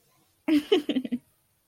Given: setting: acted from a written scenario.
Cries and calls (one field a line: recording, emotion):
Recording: vocal sound without words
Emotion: amusement